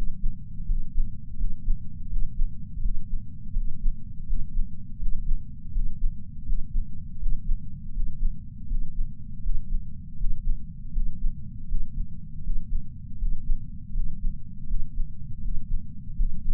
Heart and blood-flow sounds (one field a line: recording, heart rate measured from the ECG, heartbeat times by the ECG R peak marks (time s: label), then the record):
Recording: heart sounds by patch sensor on the chest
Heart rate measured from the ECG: 81 bpm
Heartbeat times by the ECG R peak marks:
0.65 s: heartbeat
1.36 s: heartbeat
2.08 s: heartbeat
2.80 s: heartbeat
3.52 s: heartbeat
4.25 s: heartbeat
4.98 s: heartbeat
5.71 s: heartbeat
6.44 s: heartbeat
7.18 s: heartbeat
7.92 s: heartbeat
8.66 s: heartbeat
9.41 s: heartbeat
10.16 s: heartbeat
10.91 s: heartbeat
11.66 s: heartbeat
12.41 s: heartbeat
13.17 s: heartbeat
13.92 s: heartbeat
14.66 s: heartbeat
15.40 s: heartbeat
16.14 s: heartbeat
From the record:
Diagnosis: coronary artery disease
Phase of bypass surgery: postoperative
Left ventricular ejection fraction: 59.1%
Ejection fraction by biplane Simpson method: 55%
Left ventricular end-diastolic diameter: 46 mm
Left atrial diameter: 34 mm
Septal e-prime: 8 cm/s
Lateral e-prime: 6.5 cm/s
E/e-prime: 8.7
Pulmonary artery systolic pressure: 22 mmHg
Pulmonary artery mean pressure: 11 mmHg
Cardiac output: 4.38 L/min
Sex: male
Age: 58 years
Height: 160 cm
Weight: 70 kg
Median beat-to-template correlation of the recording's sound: 0.85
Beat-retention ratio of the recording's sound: 0.99